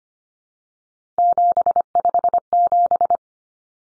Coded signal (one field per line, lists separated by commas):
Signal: Morse code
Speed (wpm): 25 wpm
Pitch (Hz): 700 Hz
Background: none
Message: 757